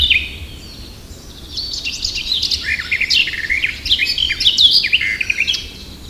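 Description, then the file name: Eurasian blackcap song, a run of fast warbling phrases with rapid twittering and whistled notes, rising in loudness after about a second and a half. "Sylvia atricapilla"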